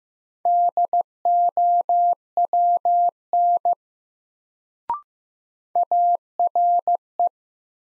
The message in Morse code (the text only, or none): DOWN ARE